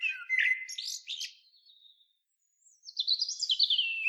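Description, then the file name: Common blackbird song: a rich, mellow warble sliding into a squeaky chatter, a short silence, then a high, thin rambling twitter. "Turdus merula"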